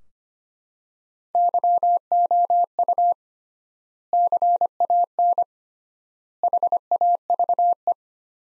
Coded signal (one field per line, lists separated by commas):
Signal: Morse code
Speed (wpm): 25 wpm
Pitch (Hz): 700 Hz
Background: none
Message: YOU CAN HAVE